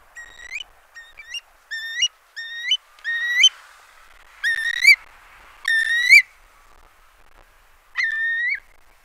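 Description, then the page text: Eurasian curlew repeating short rising whistles in a series, then a few longer, louder whistled calls with rich overtones. "Eurasian Curlew Calls. Quick Sounds"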